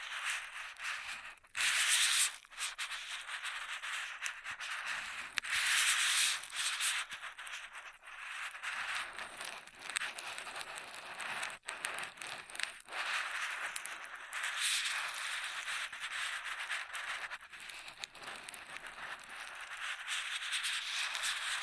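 Straw sounds crinkle and rustle in dense, bright bursts, with louder scratchy swells near 2, 6 and 15 seconds and brief gaps.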